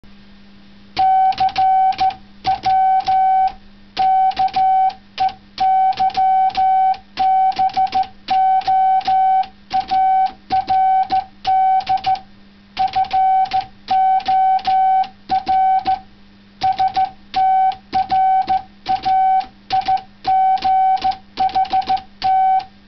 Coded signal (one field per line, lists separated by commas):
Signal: Morse code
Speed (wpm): 15 wpm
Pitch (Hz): 760 Hz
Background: none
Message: CW KEYBOARD FOR STRAIGHT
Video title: OH6DC Typewriter CW keyboard